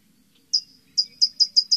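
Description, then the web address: California towhee giving a single sharp metallic chip, then a run of five high chips about every fifth of a second, quickening slightly. North America. "Songs of Birds of North America Stokes. California Towhee"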